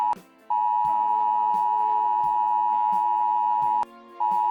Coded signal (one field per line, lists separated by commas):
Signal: Emergency Alert System (SAME) tones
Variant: 853 and 960 Hz attention tone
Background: music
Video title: Zombie EAS Scenario - VIVENTES-19 (2020)